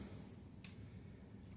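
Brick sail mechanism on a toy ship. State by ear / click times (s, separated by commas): not seated / none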